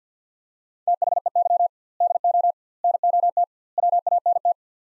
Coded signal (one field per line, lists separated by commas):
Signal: Morse code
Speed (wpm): 46 wpm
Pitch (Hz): 700 Hz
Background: none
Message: THEY DO NOT WANT